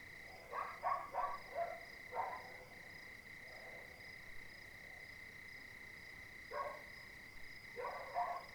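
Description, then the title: Dogs barking in quick clusters, then a long gap and a few more, while crickets trill continuously behind them. Several dogs barking at night, 02:59, Cilaos, quartier des Étangs, Réunion, 20 January 2019; nearest dog silent, more distant dogs and crickets heard; neighbourhood overrun with dogs. "CILAOS quartier des Étangs - 20190120_02h59 chiens pour la nuit"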